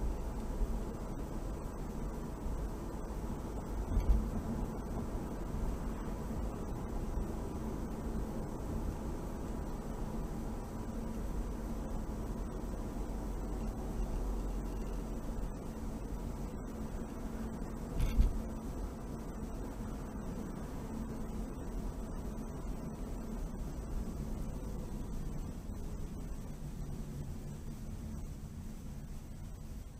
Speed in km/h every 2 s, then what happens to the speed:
61, 61, 61, 61, 60, 60, 55, 53, 52, 52, 48, 44, 37, 27, 18.
0-10 steady at about 61. 10-30 slows to 18.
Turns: none.